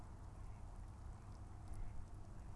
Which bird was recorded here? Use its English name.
Mallard